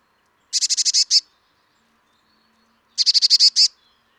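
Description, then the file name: Eurasian blue tit giving two rapid runs of high, scratchy notes about two and a half seconds apart, each ending on a slightly longer note, in a quiet background. "Cyanistes caeruleus"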